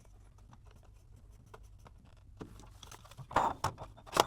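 A cover or part of a plastic ghost trap replica toy is handled against its body, with faint scattered ticks and rustling that build into louder knocks and scrapes, including sharp hits near 3.6 s and 4.2 s. Nothing has seated or clicked yet; the part is not yet locked into place when the clip ends.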